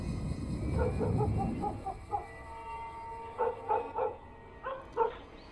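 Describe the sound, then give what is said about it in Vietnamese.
Dogs bark in the distance from the middle of a village in three quick clusters of short, mid-pitched yelps, echoing over a low rumbling background with no voices. “Có tiếng chó cắn ma nhấm nhặng từ giữa xóm vọng lại.”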